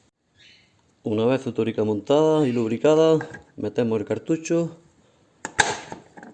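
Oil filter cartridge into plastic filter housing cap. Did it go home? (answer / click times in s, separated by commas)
yes / 5.4 s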